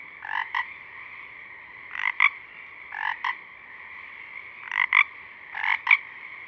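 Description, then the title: Pacific chorus frogs producing paired raspy croaks, the bursts recurring roughly every second or two over a constant humming frog chorus. A few Pacific chorus frogs singing at dusk, recorded through a parabolic reflector. "Pacific Chorus Frogs (Pseudacris regilla), dusk, Parabolic"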